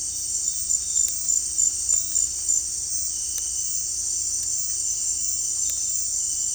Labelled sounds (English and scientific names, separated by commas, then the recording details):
none
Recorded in dense forest near Puerto Asís, Putumayo, Colombia, on 16 December 2024 at 18:00
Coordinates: 0.466, -76.327
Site G075